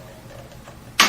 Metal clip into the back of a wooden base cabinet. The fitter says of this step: right in, and you'll hear it lock into place.